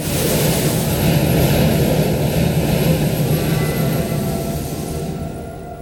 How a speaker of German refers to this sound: Ein Zug donnert vorbei.